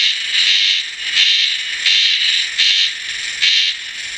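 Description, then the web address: Insect making bright, high buzzy pulses, five or so swelling bursts in quick succession over a faint steady hiss. "cats sikioto insect"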